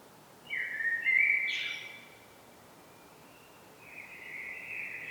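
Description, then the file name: Common blackbird song: a low fluted warble followed by a brief higher twitter, then a quieter drawn-out whistled phrase near the end. "Turdus merula"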